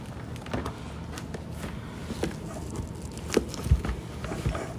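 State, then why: Not seated. A plastic body section of a Black and Decker classic steam mop with a 180 degree swivel head is handled and pushed toward the mop base/head during assembly. Soft rustling and a few short knocks come through over low background noise. Nothing has seated or snapped into place yet.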